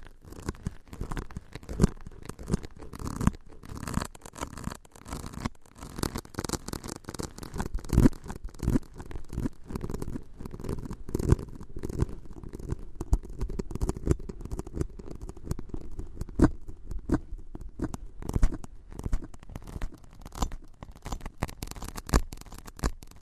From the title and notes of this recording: On this episode, a special tapping & scratching ASMR episode.